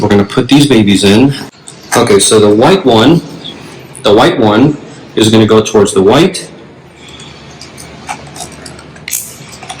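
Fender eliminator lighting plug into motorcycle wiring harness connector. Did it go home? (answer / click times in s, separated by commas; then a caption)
yes / 9.1 s. Someone talks while the white connector of a New Rage Cycles fender eliminator's light wiring for a 2020 Yamaha R6 (2017–2020 kit) is plugged into the matching white plastic connector on the motorcycle's wiring harness. Soft handling noises follow the speech, then a sharp little click at 9.1 s as the connector seats.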